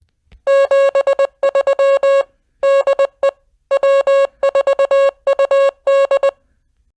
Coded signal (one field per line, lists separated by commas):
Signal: Morse code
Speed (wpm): 20 wpm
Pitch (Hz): 550 Hz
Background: none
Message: 73 DE W4UD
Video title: Bristol 2 Meter Net 12 17 19